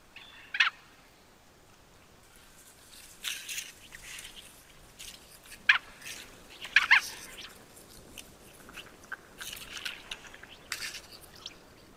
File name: pato-mandarín-Aix-galericulata